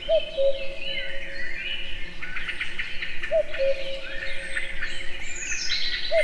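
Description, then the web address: Common cuckoo calling its two-note falling cu-coo three times, about every three seconds, over a steady low hum, with other birds chirping and trilling higher up. Recorded in nature at Egerturistaház, Hungary, in a forest full of sound. "kakukk premium sokhanguerdo egerturistahaz"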